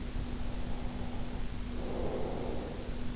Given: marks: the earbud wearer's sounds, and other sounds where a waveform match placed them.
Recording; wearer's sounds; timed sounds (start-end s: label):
sounds in sleep by an in-ear microphone; breath
0.05-3.16 s: breath